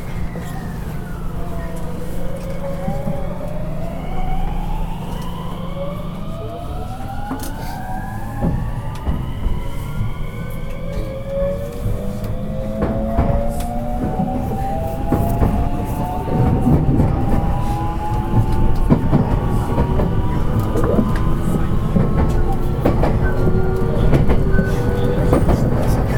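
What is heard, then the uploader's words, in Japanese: A Series 223 electric train runs along, its motor whine rising steadily in pitch as it speeds up, over a constant low rumble and rattling clicks. JR223系 神戸線新快速 三ノ宮から大阪まで。JR西日本の223系電車の走行音です。JR神戸線の新快速列車にて収録しました。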